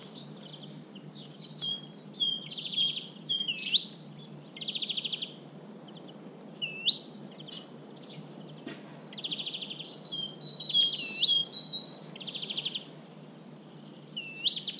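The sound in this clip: Great tit calling in bursts: clusters of sharp hooked notes and buzzy churrs separated by short pauses, over a quiet hissy background.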